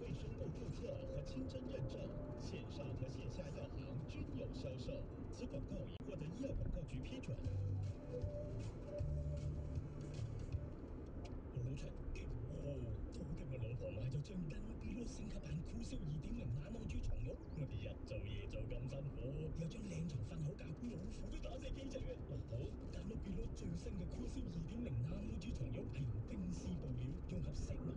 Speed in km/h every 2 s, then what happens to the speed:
85, 88, 87, 87, 85, 81, 79, 77, 76, 74, 75, 77, 78, 79.
0-6 steady at about 87. 6-17 slows to 74. 17-28 steady at about 77.